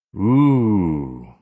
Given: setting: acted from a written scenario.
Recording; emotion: vocal sound without words; awe